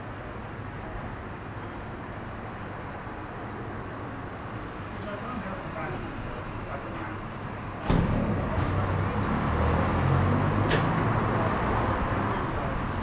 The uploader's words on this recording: Street bar. Captured on the pavement outside a small bar in a narrow street. Daylight is running out as people return home after shopping in the city. The street is decorated with Christmas lights along the length.